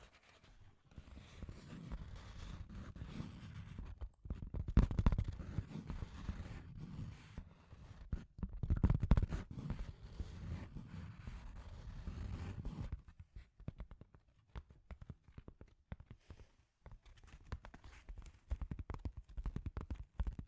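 Scratchy tapping runs through the whole clip, a dense stream of small dry clicks and scrapes with a low rumbling body. From the start until about 13 seconds it is thick and continuous, swelling near 5 and 9 seconds; afterward it thins into sparser, separate taps.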